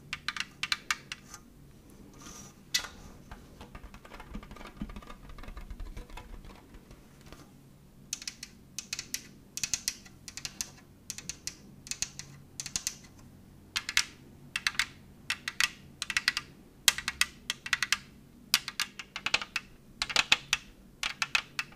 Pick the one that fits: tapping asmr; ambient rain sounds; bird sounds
tapping asmr